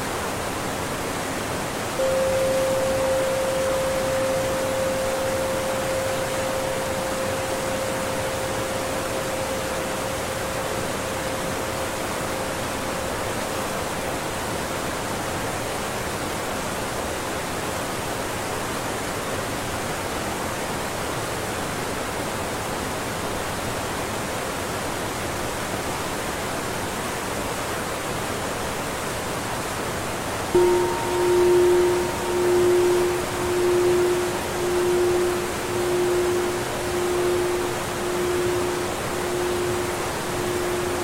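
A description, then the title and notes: A waterfall pours with a steady, dense rush that doesn't change from start to finish. A single mid tone hums in at about two seconds and slowly fades out. Around thirty seconds a lower, horn-like tone starts, pulsing unevenly until the end. Waterfall. A blend of soundscapes and singing bowls.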